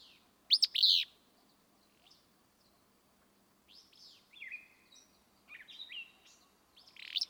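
Willow flycatcher singing a loud, sneezy two-note burst, then a spell of softer slurred notes and chips before another burry phrase at the end.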